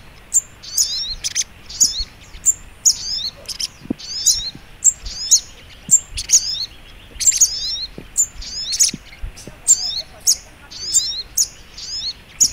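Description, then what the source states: Little spiderhunter repeating high, squeaky chip notes in rapid little clusters throughout. Masteran (training) recording, titled Labaik.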